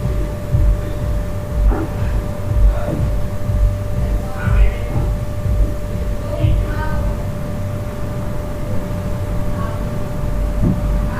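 A hostel room in Central America, with a steady low rumble and a constant hum made of two fixed tones running throughout. Brief bursts of voices or clattering knocks come through every second or two, loudest around the fifth and seventh seconds.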